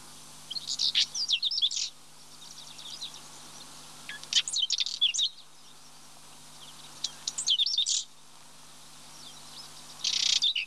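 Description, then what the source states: Whinchat song: short, high scratchy phrases of twittering and buzzy notes, delivered in bursts about every three seconds with quiet gaps between. Sings tirelessly from the top of a thistle.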